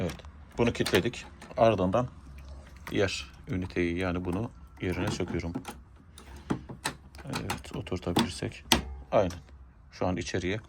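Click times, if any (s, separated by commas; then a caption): 6.9 s. Someone talks while pushing the second plastic tank unit back into the body of a Shark StainStriker portable upholstery cleaner. Several plastic knocks follow, with a click at 6.9 s. The unit seats fully in place.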